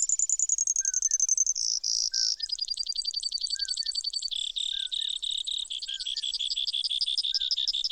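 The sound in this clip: Brewer's sparrow song of fast, high trills stepping down in pitch, with another bird giving lower slurred whistles every second or so.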